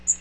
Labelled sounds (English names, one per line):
Magnolia Warbler flight call